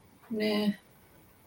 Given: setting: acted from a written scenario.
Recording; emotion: vocal sound without words; neutral